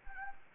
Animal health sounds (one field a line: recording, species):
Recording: mosquito wingbeat signal from an infrared sensor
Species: Anopheles arabiensis